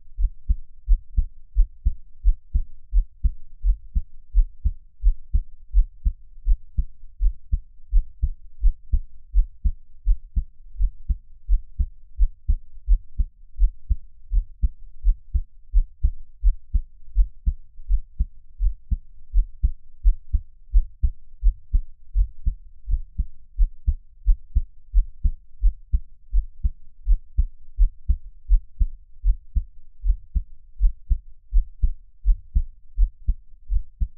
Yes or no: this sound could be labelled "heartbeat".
yes